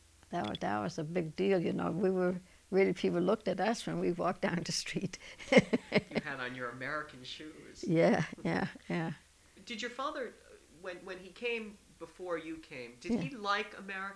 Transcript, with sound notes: That was a big deal, you know? We were, really people looked at us when we walked down the street. ( she laughs )
You had on your American shoes.
Yeah.
Did your father, when he came before you came, did he like America?